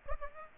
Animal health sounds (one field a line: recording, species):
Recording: mosquito wingbeat signal from an infrared sensor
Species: Aedes aegypti